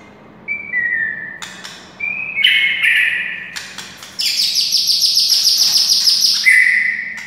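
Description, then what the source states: White-rumped shama song: short whistles, then a long rapid high trill ending in a final whistle. Wild white-rumped shama (murai hutan).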